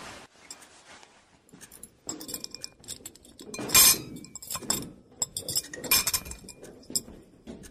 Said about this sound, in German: Wir sollten den Tisch umdrehen. Hilf mir, das Geschirr abzuräumen.